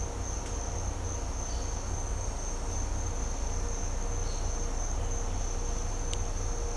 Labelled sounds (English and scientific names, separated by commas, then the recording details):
none
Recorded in dense forest near Puerto Asís, Putumayo, Colombia, on 20 December 2024 at 07:30
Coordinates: 0.503, -76.323
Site G043